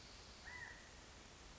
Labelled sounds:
California Quail

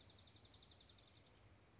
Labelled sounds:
Dark-eyed Junco

